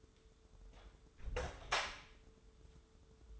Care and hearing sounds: daily activity, microphone in the room; close door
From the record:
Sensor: 3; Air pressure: 1015.2 hPa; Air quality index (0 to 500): 163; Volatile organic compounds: 12 ppm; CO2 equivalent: 2326 ppm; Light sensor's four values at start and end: 16/40/16/17 and 16/40/16/17

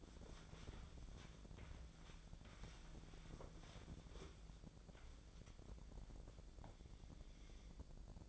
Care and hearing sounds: daily activity, microphone in the room; wipe stove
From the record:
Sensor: 5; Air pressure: 1012.4 hPa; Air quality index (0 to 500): 155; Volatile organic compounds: 2 ppm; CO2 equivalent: 1059 ppm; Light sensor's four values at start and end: 180/430/185/212 and 185/440/189/220

